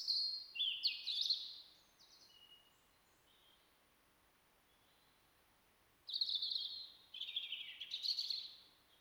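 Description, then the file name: European robin song in two bursts, a jumbled high twittering phrase, a quiet gap, then another rich fast sequence of thin notes and trills. "Erithacus rubecula"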